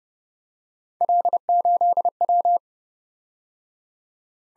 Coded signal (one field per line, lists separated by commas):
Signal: Morse code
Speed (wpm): 29 wpm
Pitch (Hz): 700 Hz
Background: none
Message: L8W